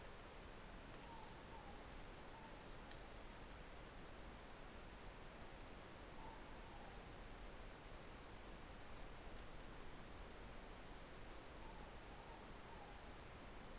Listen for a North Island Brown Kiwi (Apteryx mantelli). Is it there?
no